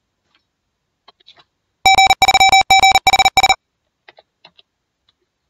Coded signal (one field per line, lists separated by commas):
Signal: Morse code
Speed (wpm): 40 wpm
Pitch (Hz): 770 Hz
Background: none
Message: G3GHS